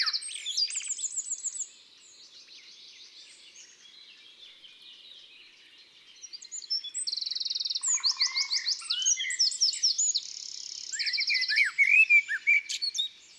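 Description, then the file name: Eurasian wren song: two bursts of rapid high trills and chattering notes separated by a few quiet seconds, the second long and vigorous. In woods and forests. "Troglodyte mignon Chants doiseaux des bois et des forets"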